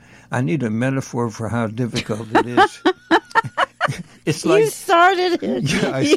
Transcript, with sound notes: I need a metaphor for how difficult it is.
(laughs)
It's like-
You started it.